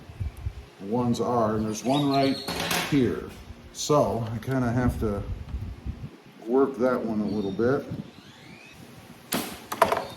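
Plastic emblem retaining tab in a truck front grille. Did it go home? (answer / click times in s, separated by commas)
released / 9.8 s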